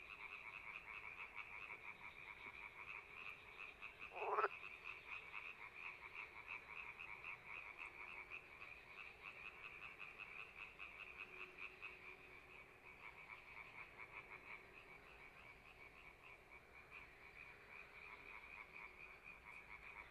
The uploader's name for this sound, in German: Frösche